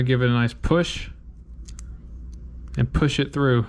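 Someone talks while a pin is pushed through the holes of the trigger housing of a Ruger LCP II .22LR pistol, with faint small ticks in the quiet handling between the words. The clip ends before the pin goes home, so nothing has seated yet.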